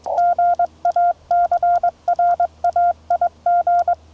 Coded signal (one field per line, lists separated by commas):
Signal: Morse code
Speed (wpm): 21 wpm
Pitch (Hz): 690 Hz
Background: none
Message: GA CRAIG